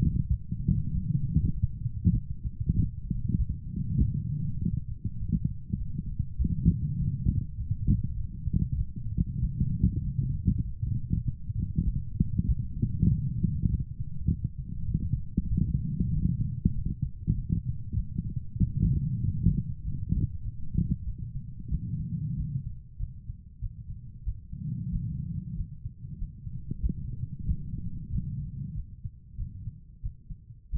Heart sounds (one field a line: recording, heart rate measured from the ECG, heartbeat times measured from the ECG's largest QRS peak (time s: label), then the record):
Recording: heart sounds by stethoscope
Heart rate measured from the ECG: 97 bpm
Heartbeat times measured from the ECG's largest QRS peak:
0.30 s: heartbeat
0.93 s: heartbeat
1.54 s: heartbeat
2.13 s: heartbeat
2.74 s: heartbeat
3.37 s: heartbeat
3.99 s: heartbeat
4.60 s: heartbeat
5.20 s: heartbeat
5.78 s: heartbeat
6.38 s: heartbeat
6.98 s: heartbeat
7.57 s: heartbeat
8.16 s: heartbeat
8.77 s: heartbeat
9.41 s: heartbeat
10.04 s: heartbeat
10.64 s: heartbeat
11.24 s: heartbeat
11.85 s: heartbeat
12.47 s: heartbeat
13.08 s: heartbeat
13.69 s: heartbeat
14.28 s: heartbeat
14.88 s: heartbeat
15.49 s: heartbeat
16.13 s: heartbeat
16.75 s: heartbeat
17.36 s: heartbeat
17.96 s: heartbeat
18.59 s: heartbeat
19.22 s: heartbeat
19.83 s: heartbeat
20.44 s: heartbeat
21.05 s: heartbeat
21.70 s: heartbeat
22.36 s: heartbeat
22.98 s: heartbeat
23.61 s: heartbeat
24.25 s: heartbeat
24.91 s: heartbeat
25.56 s: heartbeat
26.18 s: heartbeat
26.82 s: heartbeat
27.46 s: heartbeat
28.11 s: heartbeat
28.74 s: heartbeat
29.37 s: heartbeat
30.02 s: heartbeat
30.71 s: heartbeat
From the record:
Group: healthy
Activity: light exercise 0-24 s, rest 24-31 s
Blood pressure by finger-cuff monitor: 138/87 mmHg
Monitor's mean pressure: 101 mmHg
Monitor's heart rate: 98 bpm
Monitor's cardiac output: 7.2 L/min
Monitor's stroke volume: 74 mL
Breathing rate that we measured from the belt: 20 breaths a minute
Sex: female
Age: 36 years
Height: 163 cm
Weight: 88 kg